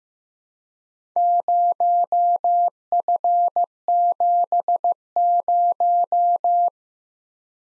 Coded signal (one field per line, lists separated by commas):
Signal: Morse code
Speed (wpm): 15 wpm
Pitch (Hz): 700 Hz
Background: none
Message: 0F70